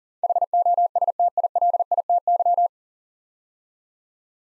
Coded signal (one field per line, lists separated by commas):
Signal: Morse code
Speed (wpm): 39 wpm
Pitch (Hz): 700 Hz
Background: none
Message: HOSTILITY